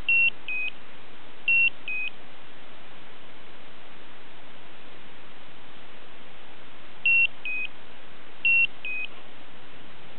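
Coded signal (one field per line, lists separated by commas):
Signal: beep code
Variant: Slendertone toning belt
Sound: four irregularly spaced beep-bep pairs, a higher beep then a slightly lower one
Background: faint background hiss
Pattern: 2 short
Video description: Slendertone Mens Abs is annoying: the beep-bep sound doesn't have any logic or sense. It keeps going. It's not warning, no alert.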